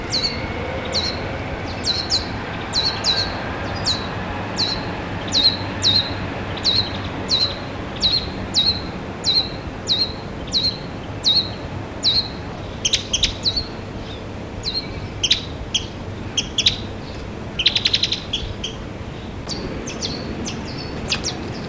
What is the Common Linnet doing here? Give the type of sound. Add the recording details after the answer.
call. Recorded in the wild. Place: Hannover, Niedersachsen, DE. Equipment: Halbspur, 9,5 cm/s. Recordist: Lütgens, Hans